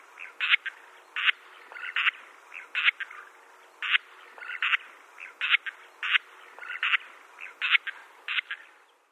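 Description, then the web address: Sociable lapwing flock calls: short harsh rattling notes from several birds, overlapping and repeated irregularly over a steady low background hum. "Schulze Peter Sociable Lapwing flock calls"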